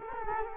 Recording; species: mosquito wingbeat signal from an infrared sensor; Culex quinquefasciatus